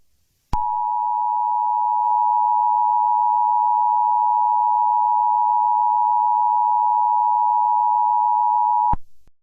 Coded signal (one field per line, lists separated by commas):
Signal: Emergency Alert System (SAME) tones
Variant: 853 and 960 Hz attention tone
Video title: EAS mock 1: North Korea missile launch